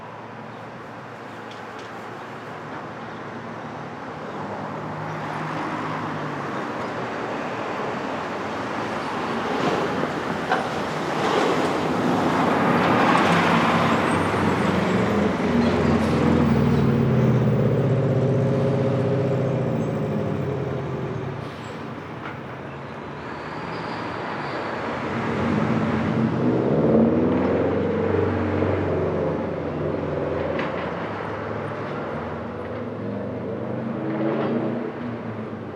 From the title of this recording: Brooklyn Dawn, 4 - 17 - 20, Street Traffic II